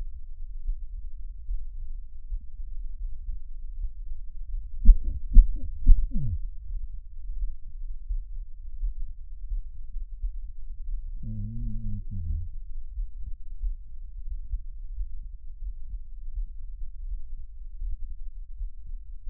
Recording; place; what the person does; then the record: lung sounds by stethoscope; right anterior apical chest; quiet breathing, then cough and speech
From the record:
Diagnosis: COPD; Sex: male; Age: 59 years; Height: 175 cm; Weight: 73 kg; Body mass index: 23.8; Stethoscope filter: bell mode